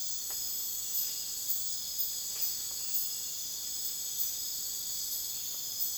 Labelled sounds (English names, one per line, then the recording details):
none
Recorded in dense forest near Puerto Asís, Putumayo, Colombia, on 29 June 2025 at 02:00
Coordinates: 0.484, -76.325
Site H65